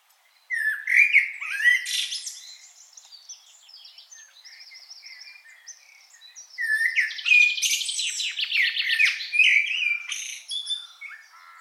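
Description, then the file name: Common blackbird giving squeaky chirps and twittering after a brief silence, a softer thin trill in the middle, then a long busy burst of rapid notes. "Turdus merula"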